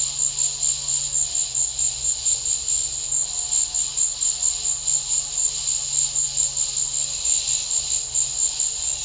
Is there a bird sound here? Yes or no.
no